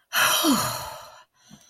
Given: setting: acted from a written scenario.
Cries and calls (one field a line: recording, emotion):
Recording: vocal sound without words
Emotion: relief